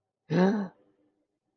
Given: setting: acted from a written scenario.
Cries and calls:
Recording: vocal sound without words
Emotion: realization

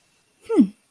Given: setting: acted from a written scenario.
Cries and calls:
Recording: vocal sound without words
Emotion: interest

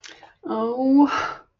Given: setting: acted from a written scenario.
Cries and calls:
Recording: vocal sound without words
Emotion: shame

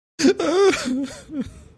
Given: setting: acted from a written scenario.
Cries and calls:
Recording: vocal sound without words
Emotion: sadness

